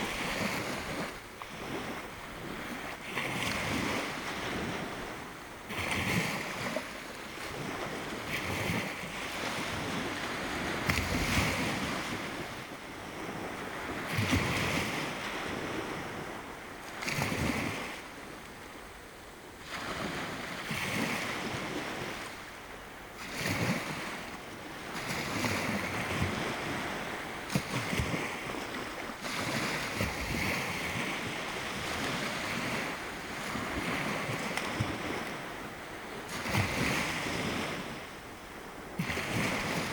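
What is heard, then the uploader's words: Waves break gently on submerged rocks offshore, a continuous wash of surf with swells cresting every few seconds and no quiet gaps between them. A steady low rumble and some wind buffeting on the microphone run underneath throughout. Nairn Beach. Misty threatening dampness. Rock pooling before breakfast. Waves gently breaking on submerged rocks offshore.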